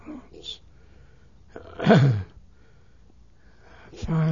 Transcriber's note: he clears his throat